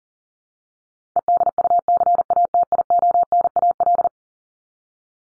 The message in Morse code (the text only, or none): EDUCATIONAL